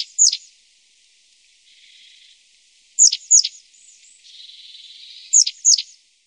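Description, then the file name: Long-tailed tit calls: paired high, steeply falling notes repeated three times, with soft buzzy trills filling the gaps between. "Stjartmes"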